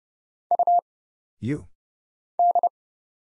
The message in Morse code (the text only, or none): U D